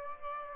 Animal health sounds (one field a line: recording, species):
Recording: mosquito wingbeat signal from an infrared sensor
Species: Aedes albopictus